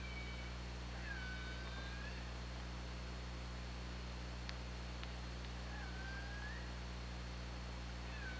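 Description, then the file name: Orca calls, faint tonal squeals near the start and again around six and eight seconds, over a steady low underwater hum with a few sharp clicks. OrcaLab hydrophone recording made 24 August 2017, apparently around 22:15. "Orca Lab UTLN JASON 20170824 221521"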